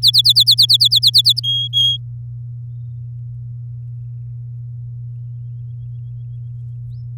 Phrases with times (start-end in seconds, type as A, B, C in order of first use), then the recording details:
0.02-1.40 A, 1.43-1.97 B. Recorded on 9 May 2018 at 06:05. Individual llb16